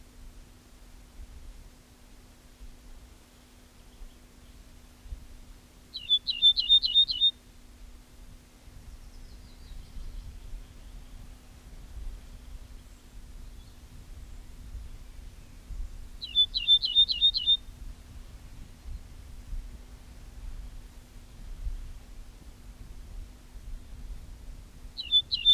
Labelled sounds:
Ortolan Bunting song

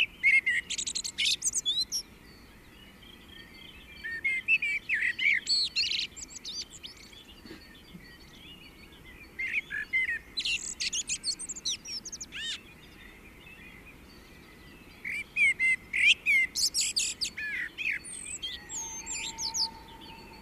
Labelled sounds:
Common Blackbird song

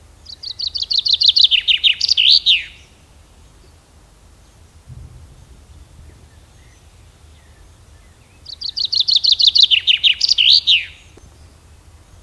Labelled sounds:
Common Chaffinch song

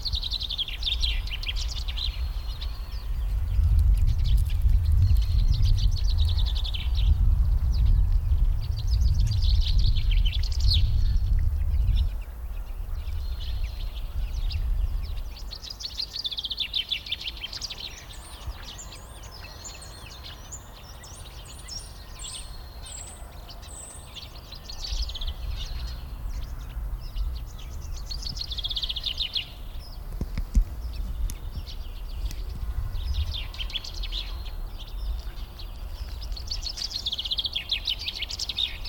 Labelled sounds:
Common Chaffinch song

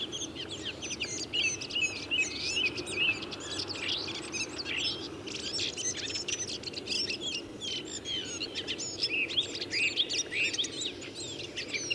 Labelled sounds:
Redwing song

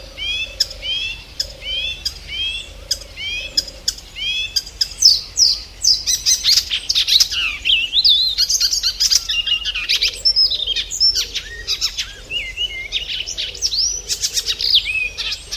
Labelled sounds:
Icterine Warbler

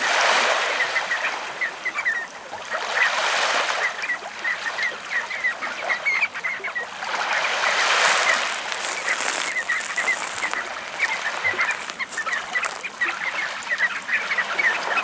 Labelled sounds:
Red Knot call

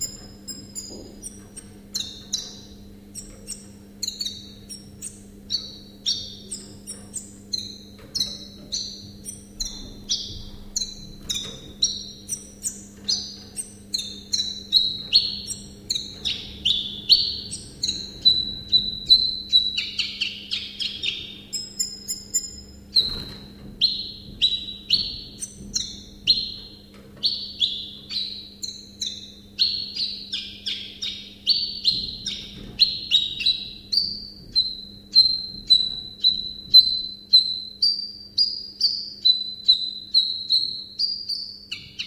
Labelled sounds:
Common Chiffchaff song

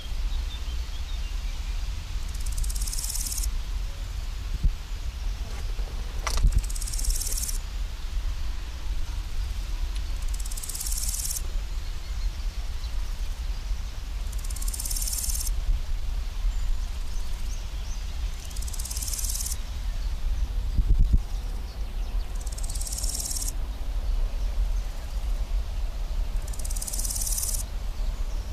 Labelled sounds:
Large Gold Grasshopper stridulation

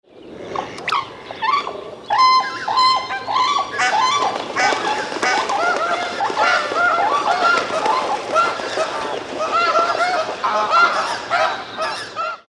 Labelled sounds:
Tundra Swan

